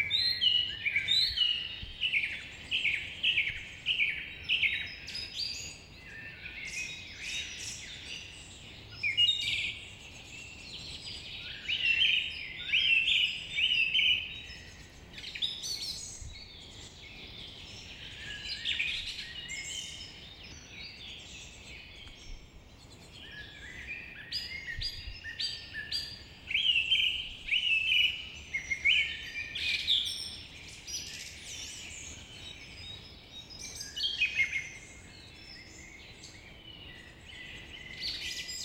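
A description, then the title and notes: Forest birds sing almost without pause, bright overlapping chirps and trills in bursts every few seconds over a soft low outdoor hush. Forrest Birds Singing.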